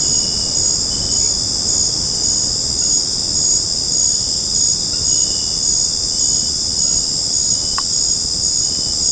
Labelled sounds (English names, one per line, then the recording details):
none
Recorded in secondary vegetation near Puerto Asís, Putumayo, Colombia, on 12 March 2025 at 19:00
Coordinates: 0.481, -76.318
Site G097